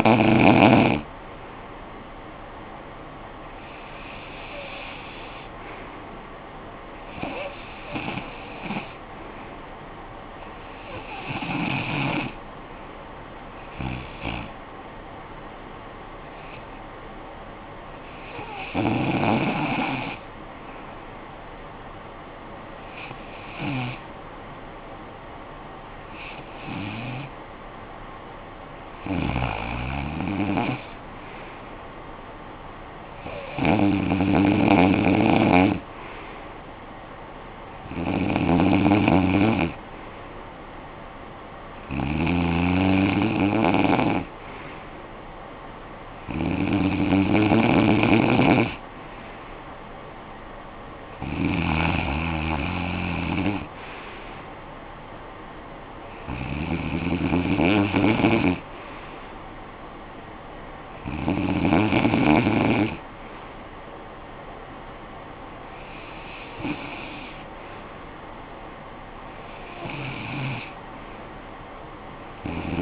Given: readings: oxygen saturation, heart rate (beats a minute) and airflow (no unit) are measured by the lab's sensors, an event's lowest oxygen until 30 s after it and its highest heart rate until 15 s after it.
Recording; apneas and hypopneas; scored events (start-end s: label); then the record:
breathing in sleep by a voice recorder at the bedside; 1
3.00-28.30 s: hypopnea (REM, oxygen 96% highest, then 94% lowest, heart rate 58 at the start, 65 highest)
From the record:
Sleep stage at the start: REM sleep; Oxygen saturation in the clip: 93 to 96%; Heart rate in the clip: 54 to 72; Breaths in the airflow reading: 19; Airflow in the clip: -13.0 to 8.1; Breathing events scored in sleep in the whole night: 445 in 7.6 hours asleep